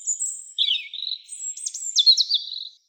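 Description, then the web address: European robin song: a high, thin phrase of varied whistled notes and quick trills, sliding up and down, with short pauses between the elements. "Erithacus rubecula"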